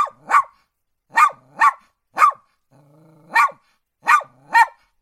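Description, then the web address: Dog barking, high yappy barks mostly in quick pairs, about eight in five seconds, with a low whining growl between some of them. Many barks, described as cute. "dog bark cutsie many"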